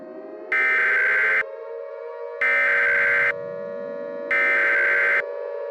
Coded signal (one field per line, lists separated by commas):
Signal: Emergency Alert System (SAME) tones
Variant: header bursts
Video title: EAS Scenario - Stellar Sun Collision (VALID TONES & LOUD NOISES)